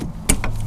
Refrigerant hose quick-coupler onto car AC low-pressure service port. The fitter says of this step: in push it on till it clicks so